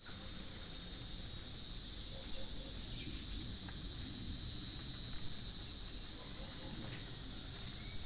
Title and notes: Itanhangá, Rio de Janeiro - State of Rio de Janeiro, Brazil - cicadas. recording cicadas at the summer